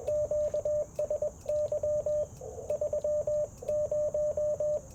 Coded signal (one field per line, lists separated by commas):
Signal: Morse code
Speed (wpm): 21 wpm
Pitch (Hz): 600 Hz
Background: radio noise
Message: QSY 30